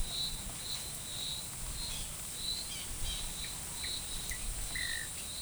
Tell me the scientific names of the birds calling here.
Poecilotriccus sylvia